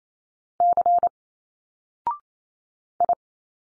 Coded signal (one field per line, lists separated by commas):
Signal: Morse code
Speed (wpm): 28 wpm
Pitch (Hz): 700 Hz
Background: none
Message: C I